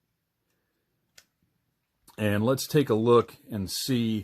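A plastic hand cannon is plugged into the hand of a retro Transformers Soundwave toy figure, and it seats with a single faint tick at 1.2 s. Someone then starts talking from about 2.1 s.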